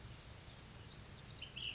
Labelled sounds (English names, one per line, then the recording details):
Ash-throated Flycatcher
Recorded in Sonoma County, California